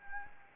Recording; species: mosquito wingbeat signal from an infrared sensor; Anopheles gambiae